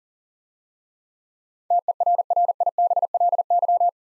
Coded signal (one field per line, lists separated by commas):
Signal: Morse code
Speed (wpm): 40 wpm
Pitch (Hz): 700 Hz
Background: none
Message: TERRIBLY